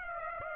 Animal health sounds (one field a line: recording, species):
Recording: mosquito wingbeat signal from an infrared sensor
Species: Aedes aegypti